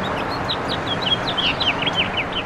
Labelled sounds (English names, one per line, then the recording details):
House Finch song
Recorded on Long Island, New York, on 20 April 2012
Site FP
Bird A